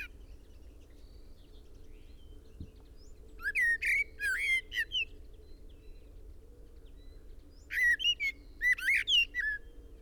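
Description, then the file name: A common blackbird delivers two warbled song phrases, rich rising and falling whistles ending in thin twittering, with a soft background hum throughout. "Turdus merula"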